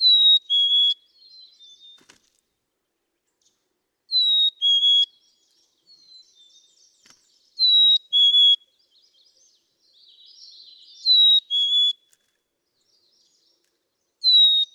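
Black-capped chickadee song, a clear whistled two-note phrase falling from high to lower, repeated about every three to four seconds, with faint soft chatter between phrases.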